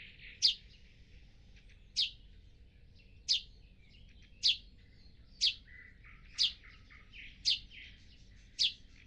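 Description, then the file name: Eurasian Tree Sparrow giving sharp, high chirps about once every second, eight notes in a loose series. "Eurasian Tree Sparrow Passer montanus"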